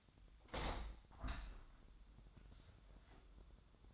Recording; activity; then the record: daily activity, microphone in the room; open window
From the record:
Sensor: 3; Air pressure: 1004.7 hPa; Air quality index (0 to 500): 79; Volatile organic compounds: 2 ppm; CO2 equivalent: 1189 ppm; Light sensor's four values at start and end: 6/15/6/5 and 6/15/6/5